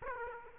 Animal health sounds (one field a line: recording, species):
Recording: mosquito wingbeat signal from an infrared sensor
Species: Aedes aegypti